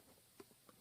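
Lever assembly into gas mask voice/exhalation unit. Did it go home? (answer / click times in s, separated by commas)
yes / 0.4 s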